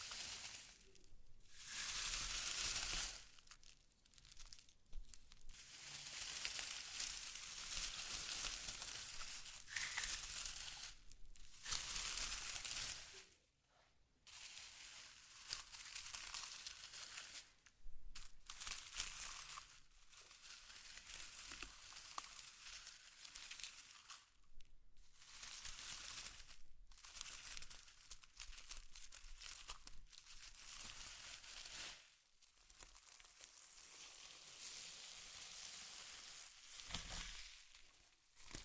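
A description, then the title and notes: Slime being squished and worked, giving a dense, bright crackling and crinkling texture that runs nearly the whole time. The sound comes in bursts of varying loudness with several short near-silent breaks, around 1, 13, 25 and 32 seconds. ASMR SLIME! 5 Satisfying Slimes.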